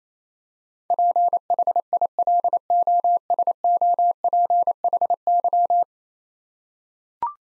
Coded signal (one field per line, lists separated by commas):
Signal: Morse code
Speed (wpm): 28 wpm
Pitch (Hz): 700 Hz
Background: none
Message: PHILOSOPHY